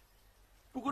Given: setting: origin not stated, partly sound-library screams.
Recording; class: one-second piece from a danger detection set; normal situation